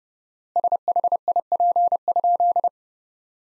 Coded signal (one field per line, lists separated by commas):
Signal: Morse code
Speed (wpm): 30 wpm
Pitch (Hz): 700 Hz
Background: none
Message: SHIP?